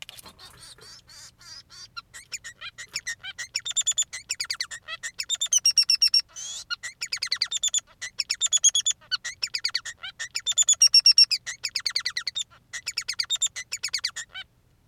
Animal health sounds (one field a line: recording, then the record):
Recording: song of a male Bengalese finch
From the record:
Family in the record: son of father 3